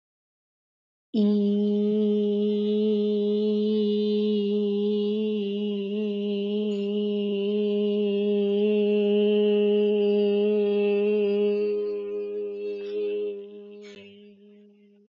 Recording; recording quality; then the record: sustained vowel as in beet; excellent, no background noise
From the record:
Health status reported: healthy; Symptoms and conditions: diabetes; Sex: female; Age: 51 years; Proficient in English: yes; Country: India